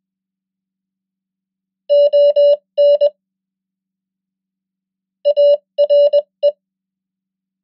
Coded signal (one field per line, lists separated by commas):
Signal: Morse code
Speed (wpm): 21 wpm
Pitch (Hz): 580 Hz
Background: none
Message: ON ARE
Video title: 100 most common English words in Morse Code @20wpm